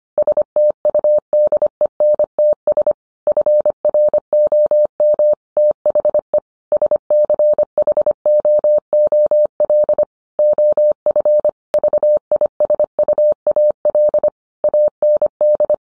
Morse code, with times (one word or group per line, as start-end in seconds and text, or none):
0.2-2.9 STUDENTS
3.3-5.3 FROM
5.6-6.4 THE
6.7-10.0 SCHOOL
10.4-11.5 OF
11.7-14.3 VISUAL
14.6-15.7 AND